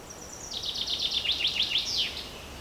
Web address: multi voiced bird singing in the early morning forest